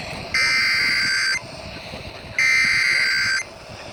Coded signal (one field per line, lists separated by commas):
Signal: Emergency Alert System (SAME) tones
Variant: header bursts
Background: speech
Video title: EAS/NWR Alert or message #171-173: Severe Thunderstorm Warnings